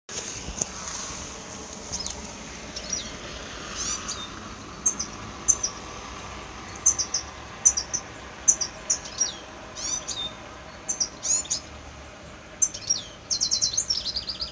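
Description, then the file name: European goldfinch giving thin, high chirps and short twitters, spaced irregularly and growing denser toward the end, over a steady soft hiss. "Carduelis carduelis"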